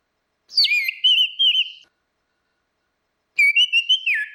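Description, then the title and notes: Orange-headed thrush song: rich whistled phrases with warbling slurs, in two bursts separated by a silence. Continuous 'ngeplong' singing, used as a masteran (training) recording for anis kembang (Chestnut-capped thrush). "Suara Burung Anis Merah Ngeplong. Masteran Anis Kembang"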